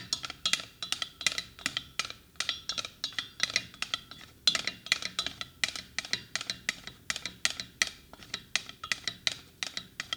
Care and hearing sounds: daily activity, guitar pickup as the sensor; fry

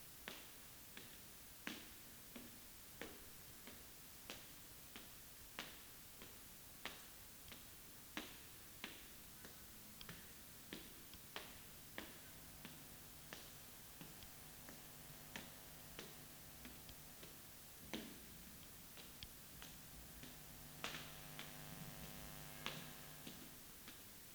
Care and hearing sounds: daily activity, guitar pickup as the sensor; walk

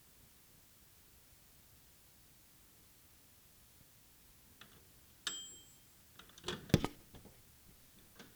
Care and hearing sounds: daily activity, guitar pickup as the sensor; use microwave

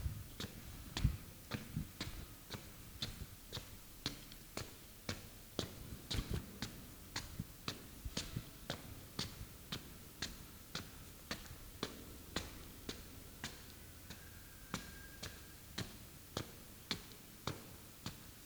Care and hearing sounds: daily activity, guitar pickup as the sensor; walk

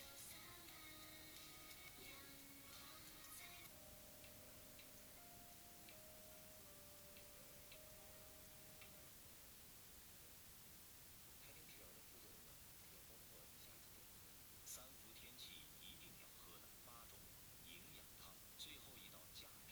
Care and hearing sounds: daily activity, guitar pickup as the sensor; browse video

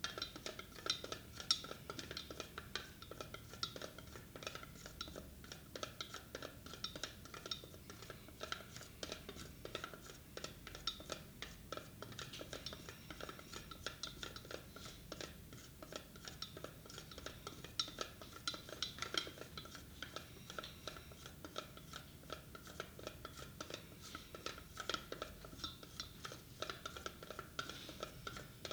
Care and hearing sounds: daily activity, guitar pickup as the sensor; fry

